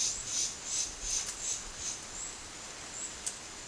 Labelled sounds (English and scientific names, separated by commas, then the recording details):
none
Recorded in dense forest near Puerto Asís, Putumayo, Colombia, on 21 February 2024 at 13:30
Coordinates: 0.505, -76.324
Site G6467